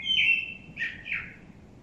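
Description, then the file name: Common blackbird: a short fluty warble that slurs downward, followed by two rougher, slurred notes. Low steady background rumble. "Turdus merula"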